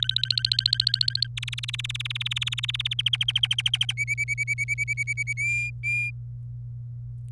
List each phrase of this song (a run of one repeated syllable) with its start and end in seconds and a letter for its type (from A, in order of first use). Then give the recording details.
0.00-1.27 A, 1.38-2.94 B, 2.99-3.92 C, 3.97-5.33 D, 5.37-6.10 E. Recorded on 26 April 2018 at 18:18. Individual llb3